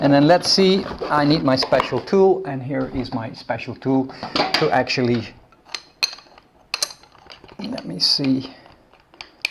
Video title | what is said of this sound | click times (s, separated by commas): Unboxing - Makita Angle Grinder GA4030 | locks into place here and now i can i can hold the screw and undo okay | 9.4 s